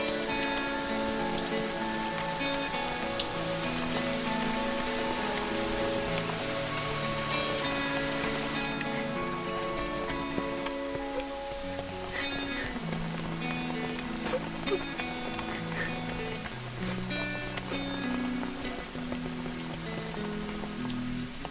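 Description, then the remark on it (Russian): Steady rain patters on a hard surface with scattered sharp drops, while sustained music with shifting chords plays over it throughout. “Начинается дождь.”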